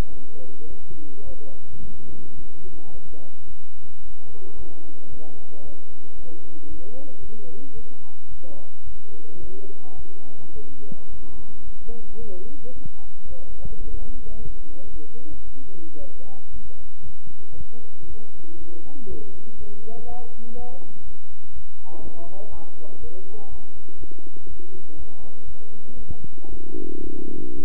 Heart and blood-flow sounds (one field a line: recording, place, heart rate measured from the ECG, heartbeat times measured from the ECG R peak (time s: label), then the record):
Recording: heart sounds by stethoscope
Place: between the tricuspid and mitral areas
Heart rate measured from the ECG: 114 bpm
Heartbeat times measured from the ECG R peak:
0.10 s: heartbeat
0.68 s: heartbeat
1.24 s: heartbeat
1.80 s: heartbeat
2.36 s: heartbeat
2.92 s: heartbeat
3.47 s: heartbeat
4.02 s: heartbeat
4.56 s: heartbeat
5.10 s: heartbeat
5.63 s: heartbeat
6.16 s: heartbeat
6.68 s: heartbeat
7.21 s: heartbeat
7.74 s: heartbeat
8.29 s: heartbeat
8.84 s: heartbeat
9.40 s: heartbeat
9.96 s: heartbeat
10.53 s: heartbeat
11.09 s: heartbeat
11.64 s: heartbeat
12.19 s: heartbeat
12.74 s: heartbeat
13.28 s: heartbeat
13.82 s: heartbeat
14.37 s: heartbeat
14.91 s: heartbeat
15.45 s: heartbeat
15.98 s: heartbeat
16.51 s: heartbeat
17.04 s: heartbeat
17.56 s: heartbeat
18.07 s: heartbeat
18.58 s: heartbeat
19.08 s: heartbeat
19.57 s: heartbeat
20.07 s: heartbeat
20.55 s: heartbeat
21.04 s: heartbeat
21.53 s: heartbeat
22.01 s: heartbeat
22.50 s: heartbeat
23.00 s: heartbeat
23.49 s: heartbeat
23.98 s: heartbeat
24.47 s: heartbeat
24.96 s: heartbeat
25.46 s: heartbeat
25.96 s: heartbeat
26.49 s: heartbeat
27.01 s: heartbeat
27.56 s: heartbeat
From the record:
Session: bicycle stress test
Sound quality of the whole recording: good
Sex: male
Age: 23 years